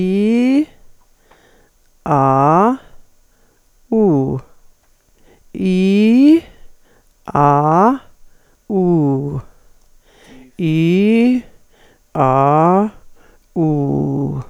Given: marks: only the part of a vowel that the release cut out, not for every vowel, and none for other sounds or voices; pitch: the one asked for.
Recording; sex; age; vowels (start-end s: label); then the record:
sustained vowels; female; 60 to 69 years
0.00-0.54 s: vowel /i/, normal pitch
2.14-2.66 s: vowel /a/, normal pitch
5.73-6.29 s: vowel /i/, high pitch
8.76-9.30 s: vowel /u/, high pitch
10.68-11.28 s: vowel /i/, low pitch
13.69-14.32 s: vowel /u/, low pitch
From the record:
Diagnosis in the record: functional dysphonia, presbyphonia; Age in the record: 64 years